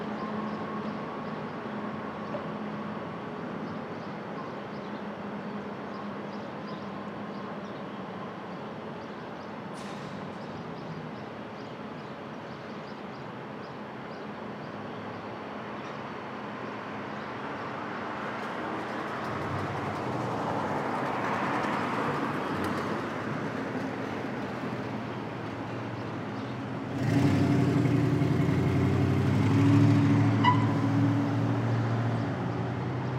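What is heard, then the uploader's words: Street traffic at dawn in Brooklyn, a continuous low rumble with a steady hum running through the first half. Around twenty seconds a passing vehicle swells and fades, then at about twenty-seven seconds a heavier, deeper roar cuts in and stays loud to the end. Brooklyn Dawn. Street Traffic.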